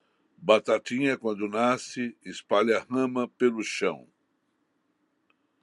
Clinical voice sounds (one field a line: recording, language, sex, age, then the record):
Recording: short text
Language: Brazilian Portuguese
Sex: male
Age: 60 to 69 years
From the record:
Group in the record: control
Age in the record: 65 years